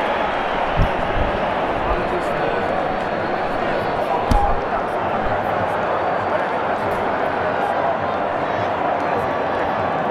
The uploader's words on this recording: Live Football Stadium | Ambience. Sound Recorded at Wembley.